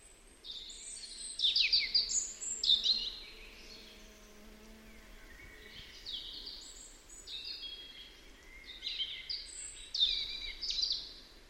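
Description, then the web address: European robin song: several bursts of high, tinkling, scratchy phrases separated by short pauses. "Deverinetal 2025 File origin Bird Only Er Ru"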